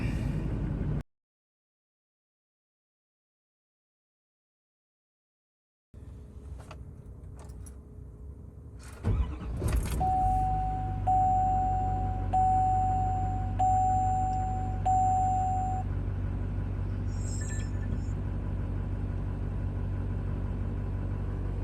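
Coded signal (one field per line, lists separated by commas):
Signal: beep code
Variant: dashcam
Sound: engine cranks and idles, then five back-to-back steady mid-pitched beeps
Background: truck engine idling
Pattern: 5 long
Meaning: The dashcam's memory card has failed and needs fixing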